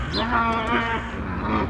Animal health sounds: contact call of a hoofed animal; wild boar; grunt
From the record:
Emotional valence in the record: negative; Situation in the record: naturally occurring agonistic interactions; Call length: 1.70 s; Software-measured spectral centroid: 1780 Hz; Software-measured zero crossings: 1960 a second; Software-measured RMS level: -24 dBFS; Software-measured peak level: -8 dBFS

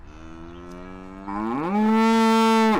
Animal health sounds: contact call of a hoofed animal; cattle; low-frequency (closed-mouth) or high-frequency (open-mouth) call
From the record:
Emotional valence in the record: negative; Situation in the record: full separation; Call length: 2.8 s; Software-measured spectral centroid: 2400 Hz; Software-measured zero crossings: 1020 a second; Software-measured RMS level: -22 dBFS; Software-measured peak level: -16 dBFS

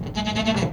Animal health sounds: contact call of a hoofed animal; goat; low-frequency (closed-mouth) or high-frequency (open-mouth) call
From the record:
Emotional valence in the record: positive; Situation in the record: food anticipation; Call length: 0.73 s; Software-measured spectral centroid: 2250 Hz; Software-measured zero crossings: 1790 a second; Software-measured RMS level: -24 dBFS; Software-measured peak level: -10 dBFS

